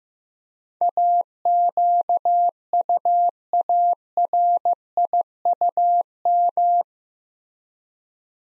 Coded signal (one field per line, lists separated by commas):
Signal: Morse code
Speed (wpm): 15 wpm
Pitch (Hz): 700 Hz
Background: none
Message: AQUARIUM